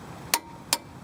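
A click-type torque wrench is pulled again on the same brake caliper bracket bolt to confirm the torque, giving sharp clicks at 0.3 s and 0.7 s. The bolt's torque is confirmed.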